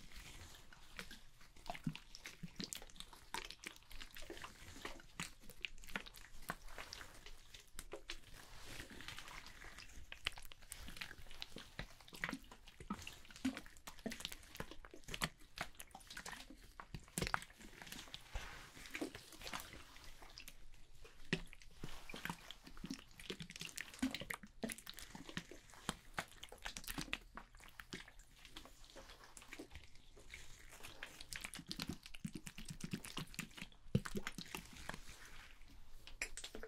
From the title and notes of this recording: ASMR Hair Salon Haircut, Perm, Shampoo WLayered Sounds (No Talking).